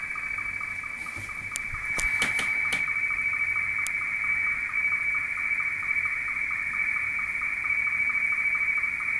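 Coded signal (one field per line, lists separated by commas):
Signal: SSTV (slow-scan television)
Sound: steady high warbling tone with fast regular ticking sync pulses underneath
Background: a few clicks, radio hiss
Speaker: so let's go to transmit and let's do it send that batch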